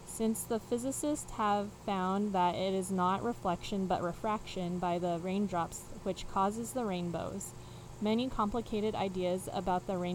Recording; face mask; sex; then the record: reading aloud; none; female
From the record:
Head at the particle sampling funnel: facing it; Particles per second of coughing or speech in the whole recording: 0.54